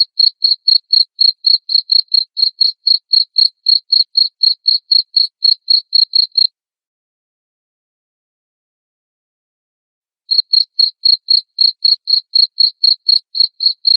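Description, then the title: Cricket chirping: high, even pulses about four per second for six seconds, then a four-second pause before the steady chirps resume. Loud cricket chirping (ngerik), played to make lovebirds keep singing (ngekek). "Suara JANGKRIK NGERIK Keras Bikin LOVEBIRD Jadi NGEKEK Terus Vubey"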